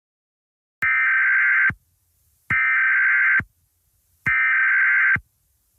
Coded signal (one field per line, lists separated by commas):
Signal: Emergency Alert System (SAME) tones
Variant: header bursts